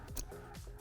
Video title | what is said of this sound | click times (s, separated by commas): Condensate FLEX and Purple Connector | Hear it click and it's in place. | 0.2 s